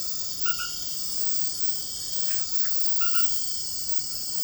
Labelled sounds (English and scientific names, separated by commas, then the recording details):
none
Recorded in dense forest near Puerto Asís, Putumayo, Colombia, on 18 February 2024 at 00:30
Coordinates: 0.487, -76.319
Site G6403